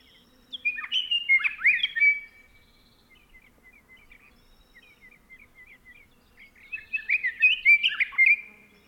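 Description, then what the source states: Scott's Oriole singing a fluty warbled phrase, then a soft series of short repeated notes, then another full whistled phrase. Male singing excitedly at dawn, switching between different song patterns; Organ Pipe National Monument, southern Arizona desert, late March 2017; binaural recording.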